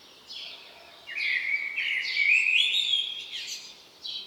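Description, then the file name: Common blackbird song: one sustained warbled phrase of sliding whistles with high thin twitters above it. "Turdus merula"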